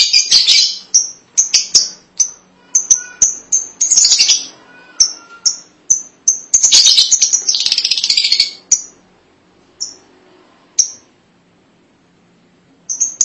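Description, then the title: Lovebird calls: shrill high chirps in quick runs, with harsh chattering bursts near four and seven seconds, then scattered single chirps. "BM Suara Burung Lovebird"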